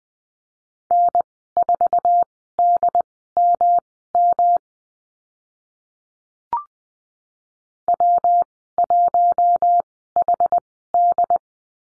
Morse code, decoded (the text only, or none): N4DMM W1HD